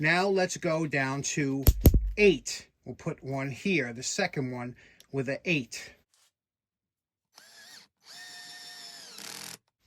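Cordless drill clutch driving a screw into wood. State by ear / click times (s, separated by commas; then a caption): torque reached / 7.4 s, 9.2 s. A Black & Decker cordless drill with its clutch set to 8 drives a screw into wood after someone talks. The drill whirs, and the clutch slips and clicks at about 7.4 s and 9.2 s once the set torque is reached, clicking in much easier than at the 10 setting.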